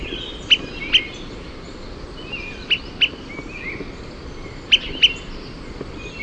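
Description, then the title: Smoke-colored pewee calls: sharp, high pip notes given in close pairs, three pairs throughout, over steady background hiss. Subspecies zarumae. "LuckyPassaro Completos2Sama. Smoke-colored Pewee (Contopus fumigatus zarumae)"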